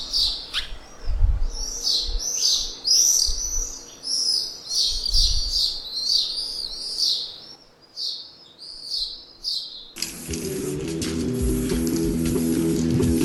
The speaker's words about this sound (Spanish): el aire limpio, sin ruidos, se podían oír los cantos de los pájaros.